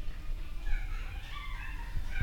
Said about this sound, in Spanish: Hay chicos jugando ahí afuera. Sí, sí. Cientos, miles. Miles de chicos corriendo. El SIC tiene eso, ¿no? Que se llena de gente y eso está bueno. Y hay chicos jugando, se ve que está bueno.